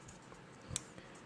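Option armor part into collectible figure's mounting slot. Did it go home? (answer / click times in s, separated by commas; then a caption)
no / none. An option armor part from the Premium Bandai Metal Build Gundam Astraea "Avalung" (Avalanche) Option Set is slid into its mounting slot on a metal and plastic collectible figure. Only faint handling noise and a few brief, light contact ticks are heard, with no seating click. The part has not clicked into place.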